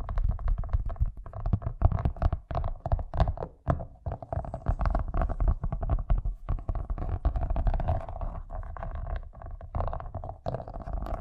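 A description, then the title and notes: Fast tapping runs through all eleven seconds, a dense stream of quick, sharp hits with no real pauses, sometimes clustering into rapid bursts. The taps carry a heavy low thud under a clicky top, and the level stays busy and uneven throughout. ASMR Braingasm Inducing Fast Tapping (No Talking).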